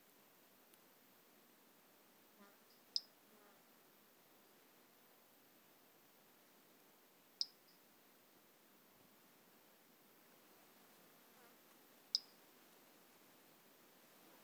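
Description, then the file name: Three-toed pumpkin toadlet calling with short, high-pitched pips repeated at a steady pace of roughly every four and a half seconds amid low hiss. Individual 13, not collected, recorded by LF Ribeiro on 10 March 2016. "Brachycephalus tridactylus individual 13 not collected by LF Ribeiro 10 III 16"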